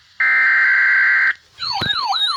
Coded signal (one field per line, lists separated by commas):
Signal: Emergency Alert System (SAME) tones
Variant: header bursts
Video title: EAS #54 - 55 Severe Thunderstorm Warning